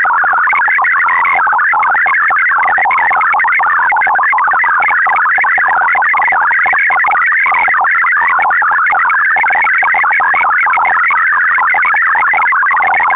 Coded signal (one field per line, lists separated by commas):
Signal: multi-tone FSK (Olivia or MFSK type)